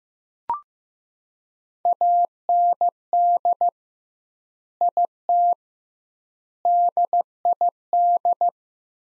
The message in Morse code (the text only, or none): AND IT DID